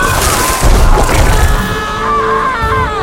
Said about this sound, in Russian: С катапульт к морю летят снаряды. Взрываются в воздухе, рассыпая железный порошок. Взрывы слышит и Аврора в объятиях Филиппа.